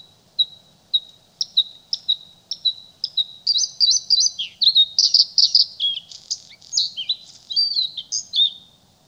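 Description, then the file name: Bluethroat song: spaced, ringing single notes speed up into a dense, varied stream of chirps, buzzes and twanging phrases. "Blauwborst"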